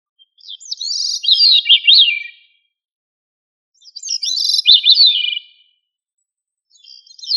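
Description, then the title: Thrush singing short phrases of rapid, high whistled notes that rise and fall, with a buzzy start. Phrases come every three seconds, with silence between them. "Familia Turdidae - Sabia"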